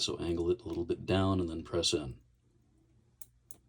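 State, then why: Seated. A microSD card is angled slightly down and pressed into the slot on a small single-board computer. Someone talks, then after a quiet pause two short, sharp clicks sound at 3.2 and 3.5 seconds. The card seats in the slot and is good to go.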